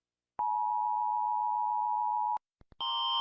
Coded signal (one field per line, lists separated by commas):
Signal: Emergency Alert System (SAME) tones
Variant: 853 and 960 Hz attention tone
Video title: Rating EAS alarms (Part 1)